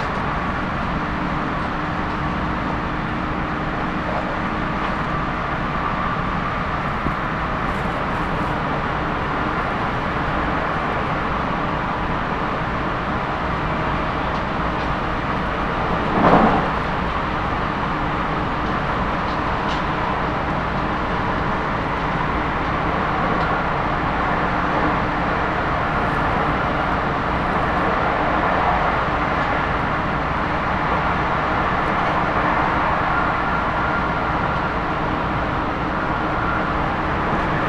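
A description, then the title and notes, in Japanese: A Tokaido Line local train runs from Minami-Odaka toward Nagoya, its steady, dense rumble holding even for the whole stretch. Faint humming tones ride over the low roar, and a single sharp clack cuts through around sixteen seconds. 東海道本線 普通列車 南大高→名古屋。東海道本線の普通列車はこまめに停車していくので、モーター音がよく聞こえます。４両編成。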